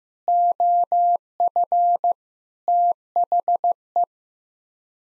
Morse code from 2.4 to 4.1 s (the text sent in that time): THE